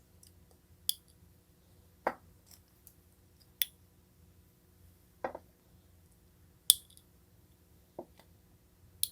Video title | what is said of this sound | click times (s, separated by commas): 마루신 제 '괴물 리볼버 ' 토러스 레이징 불' Marushin Taurus Raging Bull Review | Place a BB lightly on the front of the cartridge and press it firmly until it clicks into place. | 0.9 s, 3.6 s, 6.7 s, 9.0 s